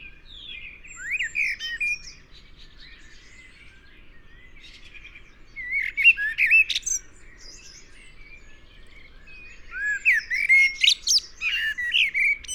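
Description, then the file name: Eurasian blackbird song: three phrases of mellow, throaty warbling, each topped with sharp, high, scratchy twitters, with quieter pauses between them. "Turdus merula"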